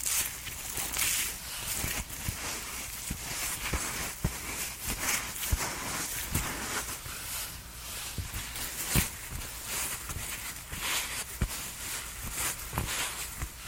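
Skincare and makeup sounds: a steady, bright hiss of brushing and rubbing runs throughout. Sharp taps and clicks land every second or so, some louder than others, near 2, 5.5, 9 and 12.8 seconds, with no speech over them.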